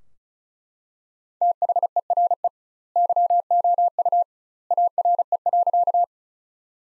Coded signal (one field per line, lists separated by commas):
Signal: Morse code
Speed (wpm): 34 wpm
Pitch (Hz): 700 Hz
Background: none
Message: THERE YOU ARE.